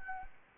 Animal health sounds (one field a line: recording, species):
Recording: mosquito wingbeat signal from an infrared sensor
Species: Anopheles arabiensis